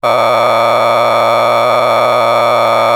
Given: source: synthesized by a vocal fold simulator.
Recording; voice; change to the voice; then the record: sustained vowel; male; a random mix of aspiration noise, stiffness perturbation and strain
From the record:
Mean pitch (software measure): 117 Hz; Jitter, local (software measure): 4.02%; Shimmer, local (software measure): 8.7%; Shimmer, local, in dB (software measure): 0.68 dB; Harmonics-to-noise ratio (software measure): 5.6 dB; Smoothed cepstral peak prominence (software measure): 12.9 dB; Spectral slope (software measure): -12.6 dB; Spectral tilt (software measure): -10.5 dB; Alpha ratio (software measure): -3.1 dB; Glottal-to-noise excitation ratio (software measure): 0.974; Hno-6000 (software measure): 1.9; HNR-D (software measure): 18.6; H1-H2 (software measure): 1.7 dB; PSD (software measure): 3.7e-04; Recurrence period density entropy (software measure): 0.127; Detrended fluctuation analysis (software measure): 0.0307